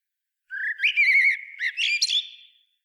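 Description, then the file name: Eurasian blackbird singing one phrase of rich, fluting whistles that waver around a steady pitch, closing with a brief higher squeaky flourish; nothing else is audible. "Turdus merula"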